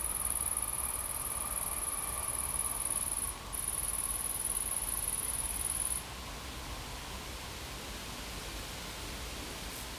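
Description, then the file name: Insect call, a steady high-pitched buzzing trill that stops briefly near three seconds and ends around six seconds, over a low rumbling background. Insects recorded in a field. "Insects In The Field"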